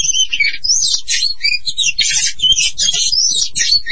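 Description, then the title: Oriental magpie-robin pouring out a quick, varied song of bright whistles and harsh chips, tightly packed with almost no breaks. "Kacer"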